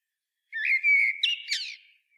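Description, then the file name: Eurasian blackbird giving a single mellow whistled phrase, smooth and slightly wavering, with a shrill twittery ending that fades away; quiet background. "Turdus merula"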